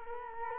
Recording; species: mosquito wingbeat signal from an infrared sensor; Culex quinquefasciatus